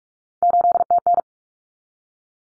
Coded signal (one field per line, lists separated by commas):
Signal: Morse code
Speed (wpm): 44 wpm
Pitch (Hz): 700 Hz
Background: none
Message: 8TN